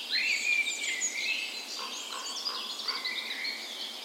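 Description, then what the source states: Dawn chorus: overlapping bird songs, high sweeping whistles at first, then a series of short lower notes among continuing twitters. Dawn chorus recorded on the morning of 17 May, Norway's National Day, in a park west in Bergen, Norway, in spring; Sony PCM A10 recorder with LOM Usi microphones as tree ears.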